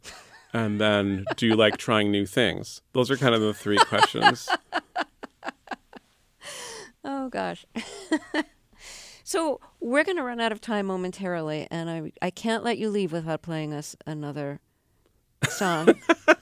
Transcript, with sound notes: And then do you like trying new things? Those kind of the three questions.
(LAUGHTER)
Oh, gosh. So we're going to run out of time momentarily, and I can't let you leave without playing us another song.